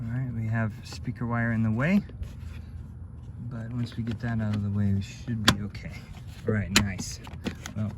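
A plastic interior trim panel is handled against the body of a Nissan Xterra during amp wiring installation, with speaker wire in the way that needs to be moved. Someone talks throughout, with brief handling noises in between. Nothing has seated or clicked yet.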